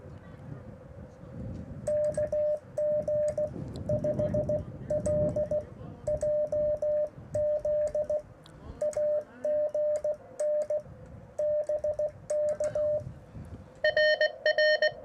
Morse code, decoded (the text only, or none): KG5LJZ AGN BK RR